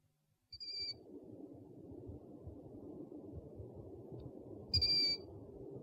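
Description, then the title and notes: Owl giving two thin, high, level whistles about four seconds apart, each brief, over steady low background noise. Compilation of 69 call variants from 11 owl species. "Sovy - Eulen - Owls. 69 variant hlasů - 11 druhů sov"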